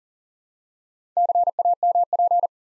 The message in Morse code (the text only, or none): CAMP